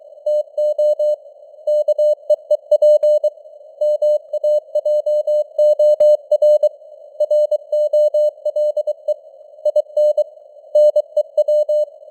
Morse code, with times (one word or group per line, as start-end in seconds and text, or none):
0.3-1.1 TO
1.7-3.3 KEEP
3.8-6.7 MAJOR
7.2-9.1 ROLE
9.7-10.2 IN
10.8-11.8 NEW